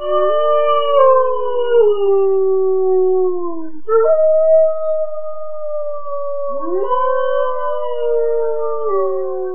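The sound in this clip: Wolf howls: long, smooth overlapping tones from more than one voice, sliding slowly downward, with a new howl rising in partway through.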